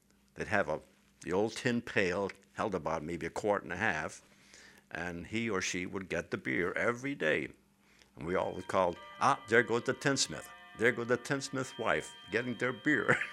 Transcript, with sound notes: They'd have the old tin pail, held about maybe a quart-and-a-half, and he or she would get the beer every day. ( bell chimes in the background ) And we all would all call, "Ah, there goes the tinsmith. There goes the tinsmith's wife getting their beer."